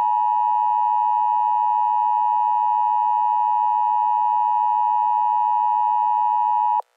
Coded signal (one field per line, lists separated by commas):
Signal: Emergency Alert System (SAME) tones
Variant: 853 and 960 Hz attention tone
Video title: ⚠️Rating EAS (A-Z) #18 (Chinese new year 🇨🇳)⚠️